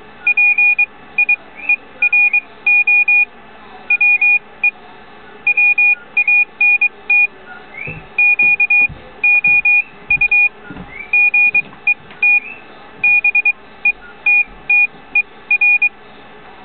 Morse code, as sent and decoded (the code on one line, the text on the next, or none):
.--. .. . .-. --- / .-- . / .-- .- -. - / --.- --- ..- / --. . - / -... . - - . .-.
PIERO WE WANT QOU GET BETTER